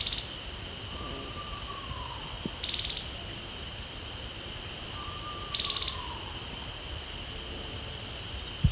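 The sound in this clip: Plumed longbill song: short high buzzy bursts repeated about every three seconds, with a soft falling whistle and a steady insect drone throughout.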